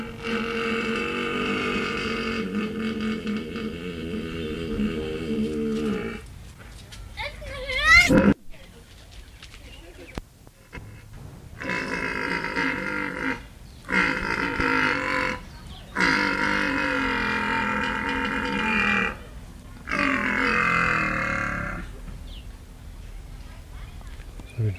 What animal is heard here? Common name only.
Père David's Deer